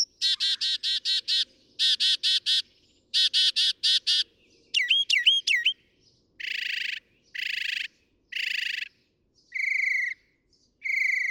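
Northern mockingbird singing varied phrases: rapid trilled bursts in short groups, looping whistled notes, then harsh buzzy notes spaced about a second apart.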